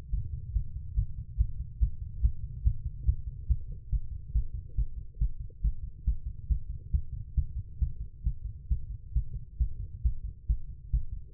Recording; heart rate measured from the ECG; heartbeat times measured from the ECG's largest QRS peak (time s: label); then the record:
heart sounds by stethoscope; 139 bpm
0.08 s: heartbeat
0.51 s: heartbeat
0.93 s: heartbeat
1.35 s: heartbeat
1.77 s: heartbeat
2.20 s: heartbeat
2.62 s: heartbeat
3.04 s: heartbeat
3.46 s: heartbeat
3.88 s: heartbeat
4.31 s: heartbeat
4.74 s: heartbeat
5.17 s: heartbeat
5.60 s: heartbeat
6.03 s: heartbeat
6.47 s: heartbeat
6.90 s: heartbeat
7.34 s: heartbeat
7.78 s: heartbeat
8.22 s: heartbeat
8.67 s: heartbeat
9.12 s: heartbeat
9.56 s: heartbeat
10.01 s: heartbeat
10.45 s: heartbeat
10.89 s: heartbeat
11.33 s: heartbeat
From the record:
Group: healthy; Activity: Valsalva maneuver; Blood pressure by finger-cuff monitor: 108/80 mmHg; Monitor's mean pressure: 89 mmHg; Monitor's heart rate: 139 bpm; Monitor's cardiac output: 8.4 L/min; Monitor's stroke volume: 60 mL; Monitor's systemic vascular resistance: 760 dyn s/cm5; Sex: female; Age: 19 years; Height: 163 cm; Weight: 51 kg